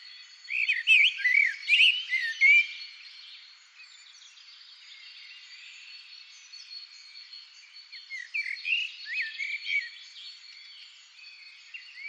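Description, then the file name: Common blackbird song: a clear fluty warbled phrase at the start, then softer twittering phrases over a steady faint high hum. "Turdus merula"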